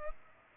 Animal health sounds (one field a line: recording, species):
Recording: mosquito wingbeat signal from an infrared sensor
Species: Culex pipiens